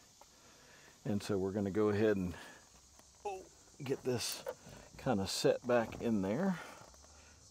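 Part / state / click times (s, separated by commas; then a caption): interior dash trim panel into the vehicle dashboard / not seated / none. An interior dash trim panel is being handled and lined up to go back into the tow vehicle's dashboard after a REDARC Tow-Pro Liberty brake controller has been wired in. Someone talks throughout, with a faint insect-like hiss in the background and no sharp impacts. Nothing has seated or clicked yet.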